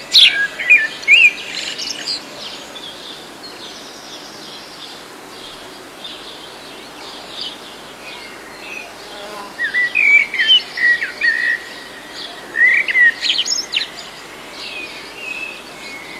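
Birds chirp and whistle from the trees in short bright bursts near the start and again midway, over a steady soft hiss.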